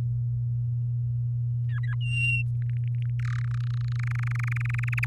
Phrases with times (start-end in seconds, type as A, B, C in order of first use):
1.69-1.94 A, 2.00-2.43 B, 2.62-3.10 C, 3.19-3.39 D, 3.41-5.05 E